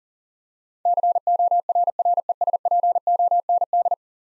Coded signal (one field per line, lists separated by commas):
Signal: Morse code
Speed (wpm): 40 wpm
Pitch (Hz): 700 Hz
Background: none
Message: CORRESPOND